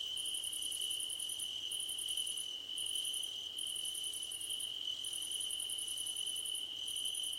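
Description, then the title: Crickets chirping in layers: a constant high trill beneath bursts of a higher, rapid pulsing call that start and stop every second or so. Crickets at night under a starlit sky. "Nighttime Ambience with Crickets 🌃"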